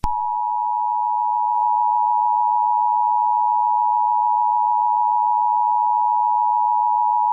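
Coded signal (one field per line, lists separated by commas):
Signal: Emergency Alert System (SAME) tones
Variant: 853 and 960 Hz attention tone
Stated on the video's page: Fictional parody EAS scenario using valid EAS tones.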